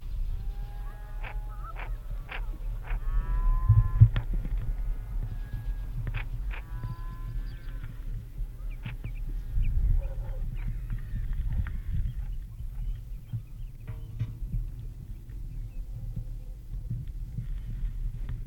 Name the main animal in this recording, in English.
Red-breasted Merganser